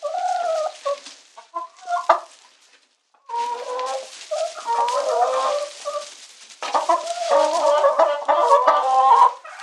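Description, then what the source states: Chicken cackling: several short squawks, a brief gap, then long runs of harsh clucks and cackles. Domestic chicken.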